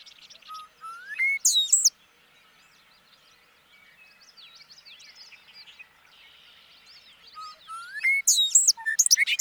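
Bobolink song phrases: whistled rising notes opening into bubbly metallic bursts, heard twice, with soft twittering of other birds between them.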